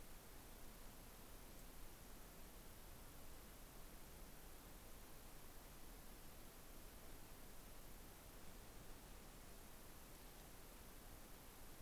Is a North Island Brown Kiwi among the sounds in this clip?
no